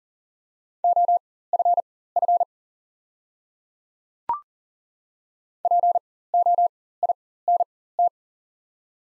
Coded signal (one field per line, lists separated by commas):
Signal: Morse code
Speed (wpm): 40 wpm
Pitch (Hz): 700 Hz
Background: none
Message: OFF POINT